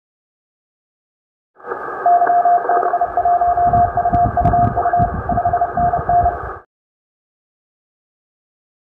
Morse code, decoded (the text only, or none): YB1UUU 5NN